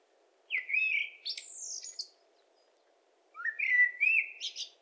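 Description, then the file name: Common blackbird song: two whistled phrases, each a low mellow run climbing into a thin high squeal, with a pause in between. "Turdus merula"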